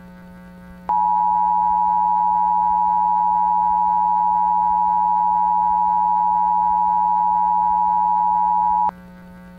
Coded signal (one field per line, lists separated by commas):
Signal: Emergency Alert System (SAME) tones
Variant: 853 and 960 Hz attention tone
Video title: EAS Scenario: Parkland High